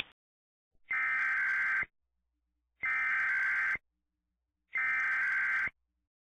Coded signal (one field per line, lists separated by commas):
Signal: Emergency Alert System (SAME) tones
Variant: header bursts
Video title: EAS MOCK - This Video Will Make You Shake At The Knees